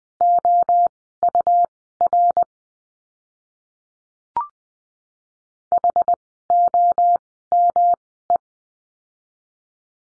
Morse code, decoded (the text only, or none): OUR HOME